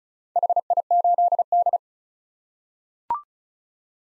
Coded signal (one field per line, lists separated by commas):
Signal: Morse code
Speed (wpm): 34 wpm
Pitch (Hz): 700 Hz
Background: none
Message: HI8D